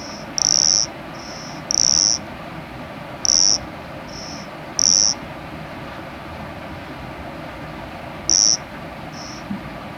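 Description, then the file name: Cricket giving clear, high, tonal chirps at uneven intervals, a few quieter chirps alternating with them, then a long pause before the last two, against faint background hiss. "Nesobia mjobergi"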